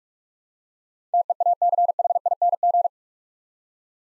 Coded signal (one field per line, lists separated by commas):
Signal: Morse code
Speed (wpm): 44 wpm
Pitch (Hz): 700 Hz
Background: none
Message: TEACHING